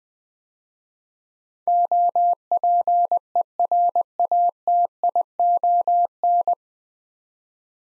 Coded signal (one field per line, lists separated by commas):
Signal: Morse code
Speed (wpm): 20 wpm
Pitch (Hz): 700 Hz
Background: none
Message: OPERATION